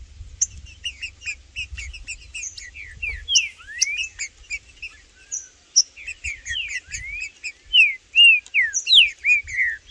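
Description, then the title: Green-winged saltator song: slurred whistles, rising and falling, in quick phrases, mixed with many high chirping notes. Birds called Blindado and Tufão in the bush, singing and displaying as males in a dispute with a free-living bird. "TRINCA Piando, Cantando E Macheando Na DISPUTA. Trinca Ferro no MATO Cantando e Macheando muito com Solto! Blindado e Tufão no mato"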